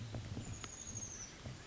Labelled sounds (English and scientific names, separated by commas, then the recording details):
Chestnut-backed Chickadee (Poecile rufescens)
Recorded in Sonoma County, California